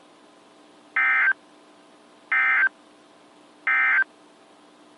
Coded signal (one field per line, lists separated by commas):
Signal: Emergency Alert System (SAME) tones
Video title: EAS #1022-1029 (8/11/21)